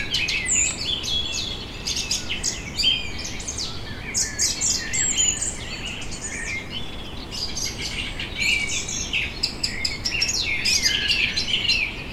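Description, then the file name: Birds keep up a dense twittering of sharp chirps and trills, high and bright, with a soft low drone of traffic underneath. Birds in a vineyard in Germany on a summer evening, with distant traffic in the background. "tom chapman nature vineyard ambience summer evening birds distant traffic germany"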